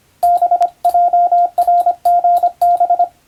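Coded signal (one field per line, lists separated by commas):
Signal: Morse code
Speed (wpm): 25 wpm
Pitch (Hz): 700 Hz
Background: radio noise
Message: BJRGB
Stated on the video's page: Morse code practice from the radiotelegraph operator exam telegram practice book, in international (English) text, meant for playback at adjustable speed.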